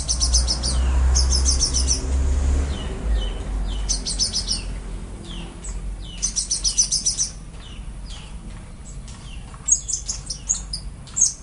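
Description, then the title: Orange-headed thrush song in bursts of high, buzzy, rattling trills separated by short pauses, mixed with scattered downslurred notes over low background rumble. "Anis Merah"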